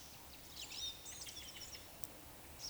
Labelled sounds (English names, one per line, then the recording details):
Eurasian Woodcock whistle
Eurasian Woodcock croak
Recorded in Baden-Württemberg, Germany, on 11 June 2021 at 19:45 UTC
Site 24608, 624 m above sea level